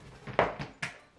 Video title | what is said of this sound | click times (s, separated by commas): SNEAKER ROOM UPGRADE! (The Best Affordable Display Box) | you hear that? Little click. | 0.4 s, 0.8 s